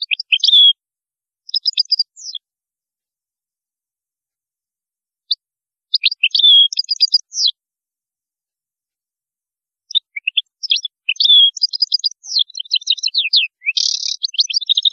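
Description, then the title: European goldfinch song in several bursts: liquid twittering notes, short buzzy trills and quick chirps, with pauses of a few seconds between phrases. "Chant Chardonneret"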